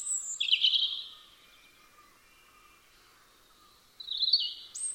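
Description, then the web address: European robin: high liquid warble with a fast trill from a robin, a long quiet gap, then another thin whistled phrase beginning. "Deverinetal 2025 File origin Bird Only Er Ru"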